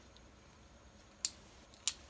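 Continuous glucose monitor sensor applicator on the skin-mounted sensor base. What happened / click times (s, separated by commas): The plastic applicator clicked twice as it seated / 1.2 s, 1.9 s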